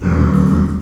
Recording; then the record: squeal of a Yucatan mini pig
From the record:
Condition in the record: after surgery on the right vocal fold (resection and tissue-engineered implant); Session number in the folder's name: 16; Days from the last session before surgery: 183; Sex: female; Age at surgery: 19 weeks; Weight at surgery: 25 kg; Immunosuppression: prednisolone